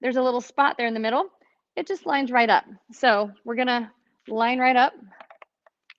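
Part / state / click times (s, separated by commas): air hose connector into compression massager controller / seated / 5.9 s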